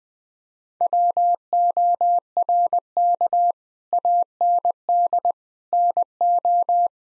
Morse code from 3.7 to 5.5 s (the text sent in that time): AND